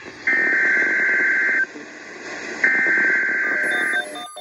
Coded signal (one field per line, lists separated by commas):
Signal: Emergency Alert System (SAME) tones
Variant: header bursts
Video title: EAS #1535-1537 Severe Thunderstorm Watch 3-5-22